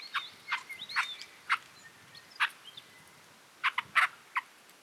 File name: Hall's babbler